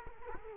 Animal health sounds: mosquito wingbeat signal from an infrared sensor; Culex quinquefasciatus

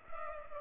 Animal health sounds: mosquito wingbeat signal from an infrared sensor; Culex pipiens

